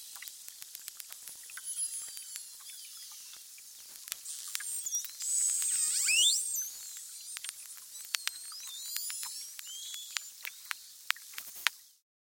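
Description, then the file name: Beluga whale whistles and chirps, squealing high contours that rise and fall, mixed with rapid trains of sharp clicks throughout, plus a louder bright squeal near the middle. "zvuki belukhi"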